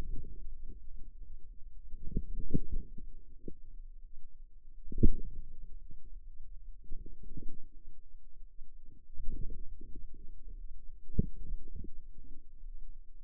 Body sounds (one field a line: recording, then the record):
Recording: forearm muscle sounds (acoustic myography)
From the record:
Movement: inward rotation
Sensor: system 2, bracelet of six BSWA MPA416 microphones around the upper forearm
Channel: 2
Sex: female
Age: 23 years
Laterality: right